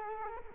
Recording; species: mosquito wingbeat signal from an infrared sensor; Culex quinquefasciatus